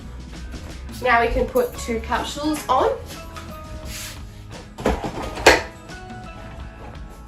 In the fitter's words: One locked in,